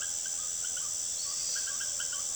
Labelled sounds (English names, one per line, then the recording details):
none
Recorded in secondary vegetation near Puerto Asís, Putumayo, Colombia, on 23 June 2025 at 18:30
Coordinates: 0.489, -76.322
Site G021